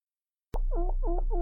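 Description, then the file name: Chinchilla calling, a few quick squeaky, nasal notes in a short rhythmic series, with a low hum underneath. Chinchilla call made when the animal wants attention. "チンチラの鳴き声-構ってほしい"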